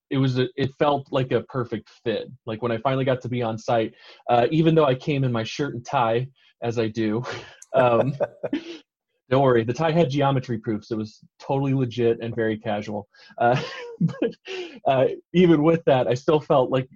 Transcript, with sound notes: It felt like a perfect fit, when I finally got to be on site, even though I came in my shirt and tie, as I do… [laughter] Don’t worry, the tie had geometry proofs, it was totally legit and very casual. [laughter] Even with that, I still felt like…